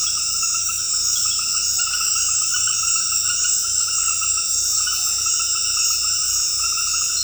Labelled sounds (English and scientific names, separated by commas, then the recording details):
none
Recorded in dense forest near Puerto Asís, Putumayo, Colombia, on 19 February 2024 at 22:00
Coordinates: 0.484, -76.317
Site G6464